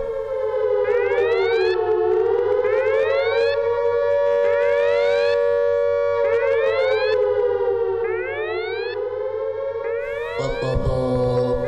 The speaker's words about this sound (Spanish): Alarma, amigos. Pues, ya está aquí. Pues no, alarma.